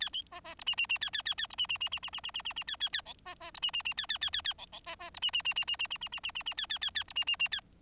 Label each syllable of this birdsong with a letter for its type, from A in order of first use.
A B B C D D D A A A A C D D D D D D D D D D A A A E B B C D D D A A A A A E E B B C D D D D D D D D D D D D A A A A C D D D A